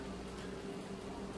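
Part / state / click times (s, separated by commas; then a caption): folding knife pen blade in its handle against the backspring / not seated / none. The pen blade of a two-blade Barlow pocketknife is handled in its handle against the backspring, with only a steady low hum around 200 and 400 Hz and broadband hiss, and no sharp sounds. Nothing has seated or snapped into place yet.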